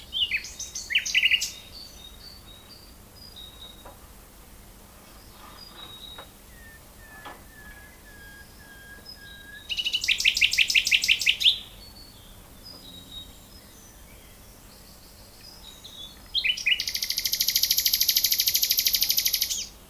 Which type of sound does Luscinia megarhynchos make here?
song